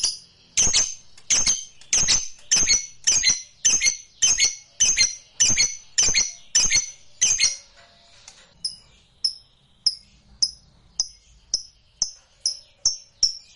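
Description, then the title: Lovebird repeating harsh high chirps about twice a second, then after a short gap thinner, softer chirps spaced evenly until the end. Used to provoke a reluctant lovebird into singing spontaneously. "LOVEBIRD Malas Bunyi JADI GREGET SPONTAN Langsung NARIK"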